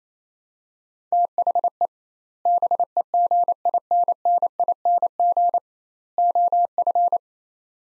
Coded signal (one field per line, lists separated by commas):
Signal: Morse code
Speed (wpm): 28 wpm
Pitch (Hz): 700 Hz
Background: none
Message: THE BEGINNING OF